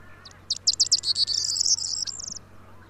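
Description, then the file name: Corn bunting delivering one song phrase: stammering high ticks quicken into a rattling, key-jangling trill that ends in a brief drawn-out note. "Mathias Ritschard - Prosyanka Emberiza calandra"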